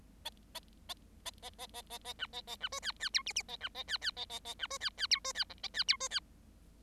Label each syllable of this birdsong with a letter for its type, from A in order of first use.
A A A A A A A A A B A A B C D D E F F A B A D D A A A B C D D E C D G A D E C D